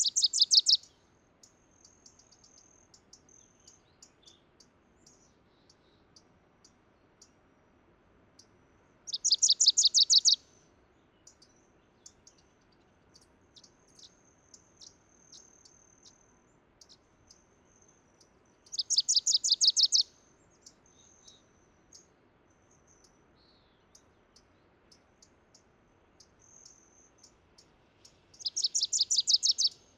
Wilson's Warbler song recorded at the Alluvial Fan in Rocky Mountain National Park.